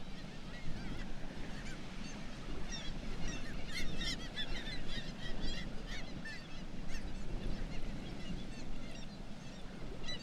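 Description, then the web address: Black-legged kittiwakes calling densely, many nasal, rising-falling calls overlapping over a steady low background roar. "sound Black-legged-kittiwake. صدای-پرنده-کاکایی-پاسیاه"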